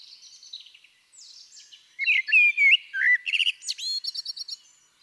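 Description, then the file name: Eurasian blackbird song: soft twittering at first, then loud fluted whistles and a fast series of high, squeaky repeated notes. "Turdus merula"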